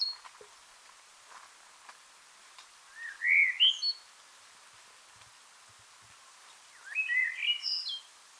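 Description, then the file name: Common blackbird song: two rich fluting phrases, each ending in higher squeaky twitters, about four seconds apart. "Turdus merula"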